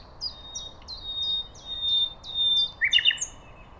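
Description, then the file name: Common nightingale song: a thin high whistle underlying a series of short descending notes, ending in a sudden loud rich flourish, over a low background hiss. "Luscinia megarhynchos"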